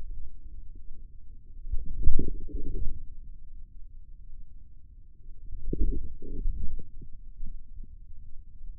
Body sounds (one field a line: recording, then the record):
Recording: forearm muscle sounds (acoustic myography)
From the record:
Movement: inward rotation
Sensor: system 2, bracelet of six BSWA MPA416 microphones around the upper forearm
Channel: 3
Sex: male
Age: 22 years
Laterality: right